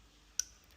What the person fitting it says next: There we go. Nice click. That's what I want to hear.